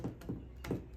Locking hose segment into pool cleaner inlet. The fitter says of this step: and locks into place, and that locks into here.